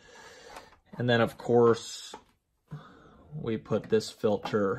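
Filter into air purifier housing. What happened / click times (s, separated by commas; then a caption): The filter is being handled but has not clicked into place yet / none. Someone talks while handling a filter for a Coway Airmega AP-1512HH True HEPA air purifier, getting ready to put it back into the purifier housing. The filter has not seated or clicked into place yet.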